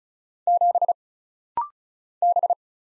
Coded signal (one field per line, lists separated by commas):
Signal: Morse code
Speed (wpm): 35 wpm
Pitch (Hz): 700 Hz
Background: none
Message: 7 B